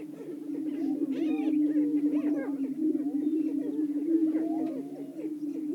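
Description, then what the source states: Greater prairie-chickens: a low, resonant booming drone from overlapping birds, mixed with busy bursts of cackling and rising whoops. Several greater prairie-chickens calling.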